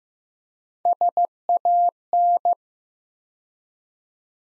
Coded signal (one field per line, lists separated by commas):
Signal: Morse code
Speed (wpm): 15 wpm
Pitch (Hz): 700 Hz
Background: none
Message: SAN